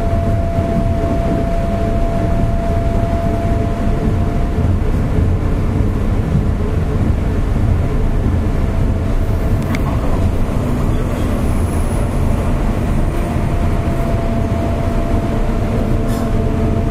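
A JR 201-series electric train runs along with a steady, dense low rumble, a faint whining tone, and a brief sharp click near ten seconds.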